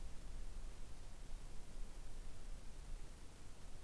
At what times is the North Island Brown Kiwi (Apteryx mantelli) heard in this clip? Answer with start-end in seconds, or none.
none